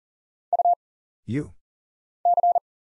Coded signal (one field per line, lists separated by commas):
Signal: Morse code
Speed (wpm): 40 wpm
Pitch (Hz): 700 Hz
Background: none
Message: U C